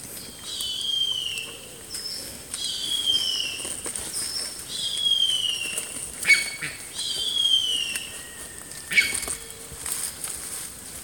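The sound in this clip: Bird repeating high descending whistles in quick series, with several sharp clicks and taps mixed in and a steady high hiss behind.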